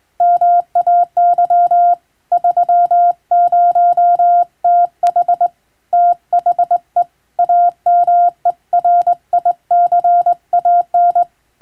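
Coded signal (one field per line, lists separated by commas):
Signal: Morse code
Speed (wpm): 22 wpm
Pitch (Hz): 700 Hz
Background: none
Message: MAY 30TH THE AMERICAN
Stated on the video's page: Hand-keyed Morse practice from a marine radiotelegraph operator, sending telegram texts as receiving training.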